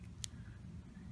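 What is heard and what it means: The cap of a OneTouch Ultra2 plastic lancing device is twisted about 90 degrees while the green body is held, giving one sharp, bright click at 0.2 s over a low steady hum. The cap clicks and comes free of the device body.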